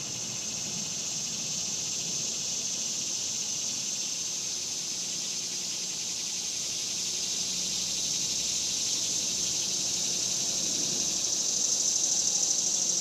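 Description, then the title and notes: Cicadas sustain a steady, shrill buzzing chorus that grows louder near the end, over a soft low rumble. Cicadas recorded outdoors in summer in the suburbs. "Ext Summer Cicadas, Suburbs by Bandeto"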